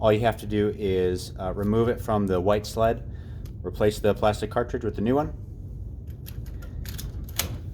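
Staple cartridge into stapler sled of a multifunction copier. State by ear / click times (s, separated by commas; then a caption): seated / 7.4 s. Someone talks while an empty plastic staple cartridge, which holds 5000 staples, is removed from the white sled of the stapler unit behind the front door of a Xerox AltaLink multifunction copier and replaced with a new one. After the talking stops, a few soft handling taps follow as the new cartridge is slid into the sled and pushed in. It latches with a sharp click at 7.4 s and is seated.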